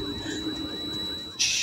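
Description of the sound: Steady high-pitched ringing over muffled background, ending in a loud hiss: a simulated tinnitus effect from a TV drama, heard in the ear of an adult after a loud explosion close to his head (loud noise exposure), with the tinnitus coming in and out.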